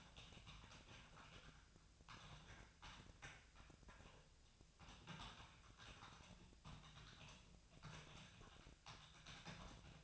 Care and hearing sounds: daily activity, microphone in the room; typing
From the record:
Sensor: 2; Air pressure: 999.1 hPa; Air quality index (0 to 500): 207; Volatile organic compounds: 35 ppm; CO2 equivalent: 3066 ppm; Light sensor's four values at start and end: 7/17/6/7 and 7/16/6/7

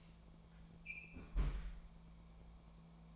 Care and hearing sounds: daily activity, microphone in the room; close fridge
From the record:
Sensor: 1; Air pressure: 1000.0 hPa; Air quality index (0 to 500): 133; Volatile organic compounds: 2 ppm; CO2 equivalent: 1260 ppm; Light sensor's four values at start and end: 37/94/40/49 and 37/95/40/49

